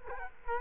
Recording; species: mosquito wingbeat signal from an infrared sensor; Culex quinquefasciatus